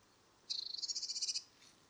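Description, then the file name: Eurasian blue tit call: one short, buzzy trill of quick, evenly spaced pulses lasting about a second, over faint background hiss. "Cyanistes caeruleus"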